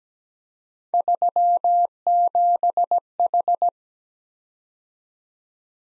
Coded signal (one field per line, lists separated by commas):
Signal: Morse code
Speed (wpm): 17 wpm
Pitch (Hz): 700 Hz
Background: none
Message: 37H